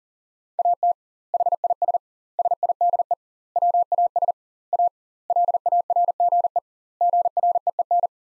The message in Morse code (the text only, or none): AT HIS SIDE WAS A LARGE GREEN